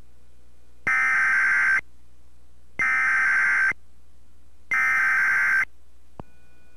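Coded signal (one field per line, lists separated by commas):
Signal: Emergency Alert System (SAME) tones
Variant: header bursts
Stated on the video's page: Reupload of required weekly tests.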